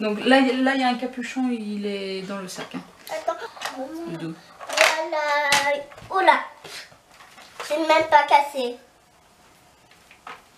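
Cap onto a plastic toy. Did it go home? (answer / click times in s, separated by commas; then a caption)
partly / 10.3 s. A child fits a cap onto a plastic toy bought at a flea market while someone talks. Short knocks follow, with a click at 10.3 s, but the cap is fitted incorrectly and not properly engaged.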